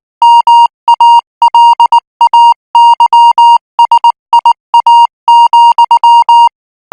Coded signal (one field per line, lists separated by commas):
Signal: Morse code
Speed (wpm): 19 wpm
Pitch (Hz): 940 Hz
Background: music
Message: MALAYSIA,